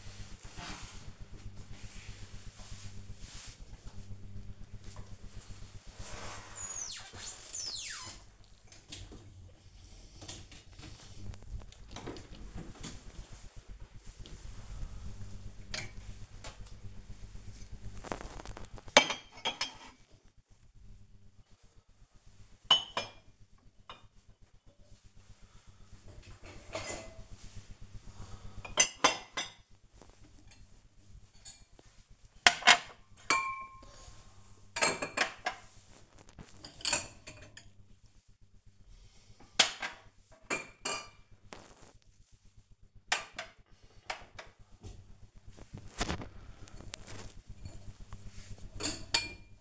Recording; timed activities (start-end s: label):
household activities, microphone on the right wrist
4.08-49.61 s: cleaning out the dishwasher